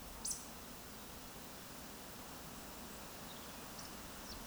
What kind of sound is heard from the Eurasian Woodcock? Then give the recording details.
whistle. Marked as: whistle, whistle. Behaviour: display flight. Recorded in Baden-Württemberg, Germany, on 26 May 2020 at 19:48 UTC. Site 46190, 1214 m above sea level